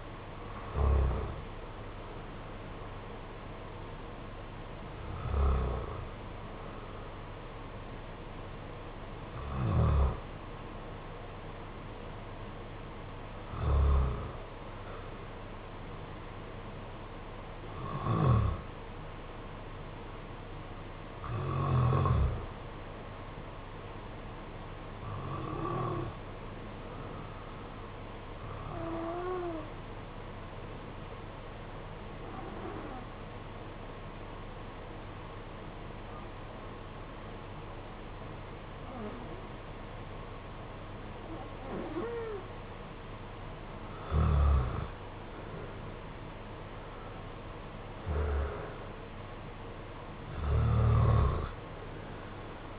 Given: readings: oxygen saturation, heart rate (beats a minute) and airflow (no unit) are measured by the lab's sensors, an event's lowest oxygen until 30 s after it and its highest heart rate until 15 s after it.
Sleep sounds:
breathing in sleep by a voice recorder at the bedside; 1
27.00-44.40 s: hypopnea (N1, oxygen 96% highest, then 85% lowest, heart rate 49 at the start, 64 highest)
From the record:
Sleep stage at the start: N1 (lightest sleep); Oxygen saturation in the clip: 73 to 96%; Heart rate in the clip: 47 to 68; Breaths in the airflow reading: 12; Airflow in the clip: -7.9 to 6.5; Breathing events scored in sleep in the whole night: 476 in 9.7 hours asleep

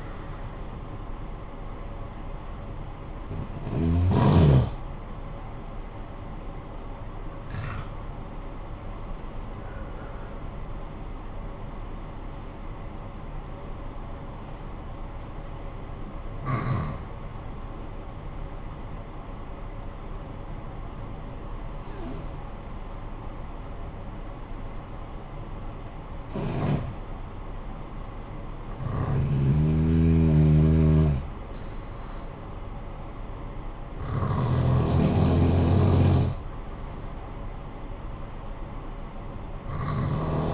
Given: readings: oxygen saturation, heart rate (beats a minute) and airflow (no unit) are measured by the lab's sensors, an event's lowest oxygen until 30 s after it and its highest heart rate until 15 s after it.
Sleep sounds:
breathing in sleep by a smartphone at the bedside; 1
2.00-32.00 s: new sleep stage, N1 (lightest sleep)
12.00-31.50 s: hypopnea (N1, oxygen 97% highest, then 91% lowest, heart rate 62 at the start, 62 highest)
32.00-40.54 s: new sleep stage, N2 (light sleep)
From the record:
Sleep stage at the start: N2 (light sleep); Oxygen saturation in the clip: 87 to 97%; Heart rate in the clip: 53 to 62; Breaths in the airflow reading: 7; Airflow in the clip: -11.8 to 10.4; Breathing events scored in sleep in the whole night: 445 in 7.6 hours asleep

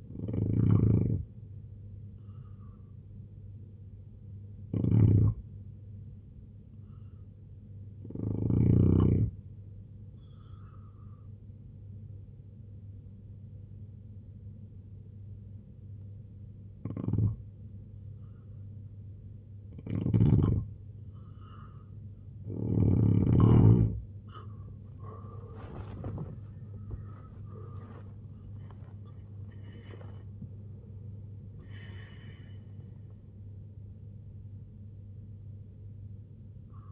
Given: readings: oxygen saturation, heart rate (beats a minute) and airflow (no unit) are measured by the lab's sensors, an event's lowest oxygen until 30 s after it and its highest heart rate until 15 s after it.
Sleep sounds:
breathing in sleep by a smartphone at the bedside; 1
4.00-22.90 s: hypopnea (N1, oxygen 92% highest, then 86% lowest, heart rate 67 at the start, 96 highest)
5.00-36.92 s: new sleep stage, N2 (light sleep)
From the record:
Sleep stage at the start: N1 (lightest sleep); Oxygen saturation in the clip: 86 to 92%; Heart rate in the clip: 65 to 96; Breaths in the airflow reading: 10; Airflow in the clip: -12.5 to 12.1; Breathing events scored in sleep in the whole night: 258 in 7.4 hours asleep

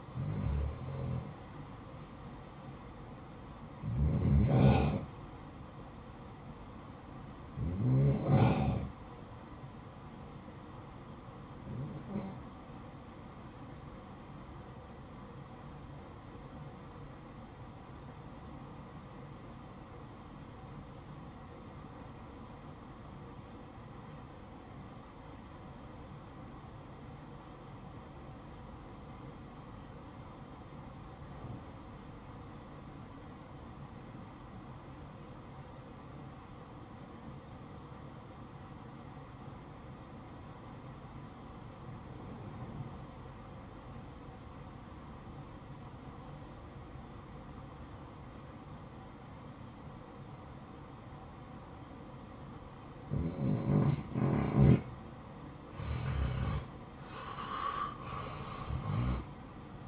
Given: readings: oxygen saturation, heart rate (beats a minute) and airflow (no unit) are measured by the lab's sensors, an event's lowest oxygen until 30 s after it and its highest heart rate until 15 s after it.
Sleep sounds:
breathing in sleep by a smartphone at the bedside; 1
16.00-53.10 s: obstructive apnea (REM, oxygen 94% highest, then 80% lowest, heart rate 62 at the start, 77 highest)
From the record:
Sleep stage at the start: REM sleep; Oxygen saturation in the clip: 80 to 94%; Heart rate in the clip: 57 to 79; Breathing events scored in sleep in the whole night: 573 in 9.8 hours asleep

